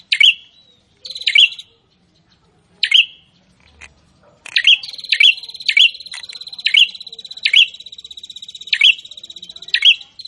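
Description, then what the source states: Prinia song: sharp high chirped notes over a rapid buzzy trill, irregular at first, then repeated regularly over a continuous ticking buzz. Prinia singing actively (gacor).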